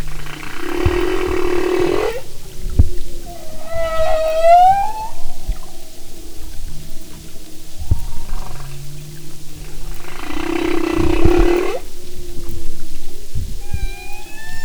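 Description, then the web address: Humpback whale song: two long buzzy, harmonic roars, with a rising wavering cry between them and low grunts in the background. "Sound and Marine Mammals humpback"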